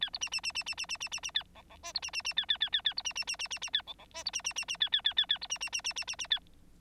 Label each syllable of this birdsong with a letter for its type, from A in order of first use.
A B C C C C C C C C C C A D D E B C C C A A A A A B C C C C C C A D D E B C C C C A A A A A B C C C C C C C A